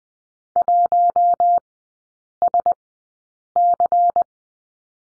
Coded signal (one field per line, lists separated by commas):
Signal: Morse code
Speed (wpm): 20 wpm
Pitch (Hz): 700 Hz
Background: none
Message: 1SC